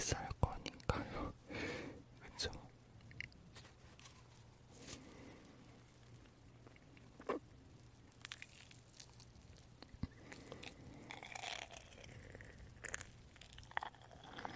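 Marshmallows being eaten, with soft, squishy chewing and occasional sticky clicks and snaps. Bursts of chewing cluster at the start and again around eleven to thirteen seconds, with quieter stretches between and sharp mouth sounds near two, seven and ten seconds. A faint low hum runs throughout.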